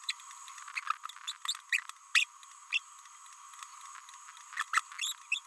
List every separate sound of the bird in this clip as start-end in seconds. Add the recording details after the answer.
0.09-0.12, 0.76-0.80, 1.28-1.32, 2.15-2.25, 2.71-2.79, 4.56-4.63, 4.74-4.80, 4.99-5.12, 5.32-5.41. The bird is a male. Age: 30 days. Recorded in a nest box in Venezuela. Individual 17B31A1